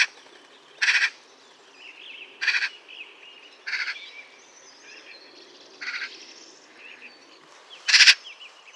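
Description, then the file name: Eurasian magpie giving repeated rasping calls, roughly five in nine seconds, with other small birds twittering softly behind. "Pica pica"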